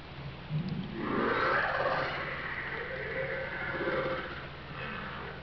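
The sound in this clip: Whale calls: drawn-out, wavering tonal sounds that slide in pitch, with a softer tonal moan later, over steady background noise.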